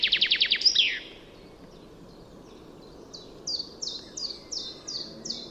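Common chaffinch: a fast trill of sharp notes ends in a flourish, then after a pause a series of short high notes begins.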